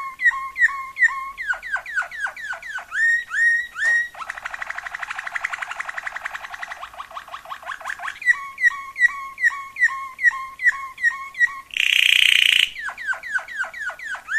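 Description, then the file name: Waterslager canary song of bubbling, dipping notes in rapid series, broken by a long buzzy rattle, then more bubbling notes, a short loud harsh burst and bubbling again. Song variations of a Waterslager canary. "kenari waterslager variasi omkicau"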